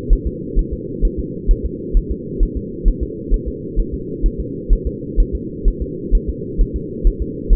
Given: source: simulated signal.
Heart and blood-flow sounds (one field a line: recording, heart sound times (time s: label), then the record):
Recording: fetal heart sounds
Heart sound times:
0.13 s: S1
0.27 s: S2
0.59 s: S1
0.73 s: S2
1.05 s: S1
1.19 s: S2
1.51 s: S1
1.66 s: S2
1.97 s: S1
2.11 s: S2
2.43 s: S1
2.57 s: S2
2.88 s: S1
3.03 s: S2
3.34 s: S1
3.48 s: S2
3.79 s: S1
3.94 s: S2
4.26 s: S1
4.40 s: S2
4.73 s: S1
4.87 s: S2
5.20 s: S1
5.35 s: S2
5.68 s: S1
5.82 s: S2
6.15 s: S1
6.29 s: S2
6.61 s: S1
6.76 s: S2
7.07 s: S1
7.22 s: S2
7.53 s: S1
From the record:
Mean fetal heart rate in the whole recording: 130 bpm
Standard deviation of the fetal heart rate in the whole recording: 2 bpm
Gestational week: 38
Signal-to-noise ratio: -4.1 dB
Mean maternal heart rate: no maternal heart sound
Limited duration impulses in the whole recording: absent